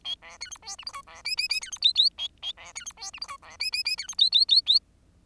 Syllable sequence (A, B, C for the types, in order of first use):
A B C D E F G H B I I I C D J J A A B C D E F G H B I I I C D J J J J